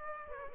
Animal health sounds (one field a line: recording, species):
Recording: mosquito wingbeat signal from an infrared sensor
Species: Aedes aegypti